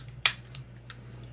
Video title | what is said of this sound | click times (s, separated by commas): How to Clean an American Tactical Titan Magazine: The Ultimate Guide | push the slide lever up and it will lock it into place | 0.3 s